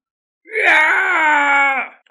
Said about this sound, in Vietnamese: Cổ vương đầu rồng hét thảm một tiếng, lùi ngược ra ngoài, gần như không dám tin, ngón tay ẩn chứa đại đạo thần tắc đã bị bẻ gãy.